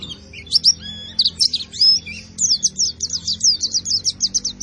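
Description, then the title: White-eye song opening with slurred, wavering whistles, then shifting into a quick, evenly repeated run of sharp, high-pitched chips. Bird singing in intense, continuous 'gacor' style, reportedly fed only banana without doping supplements. "Pleci Gacor Tanpa Doping Hanya Pake Pisang"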